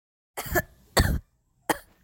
Cough.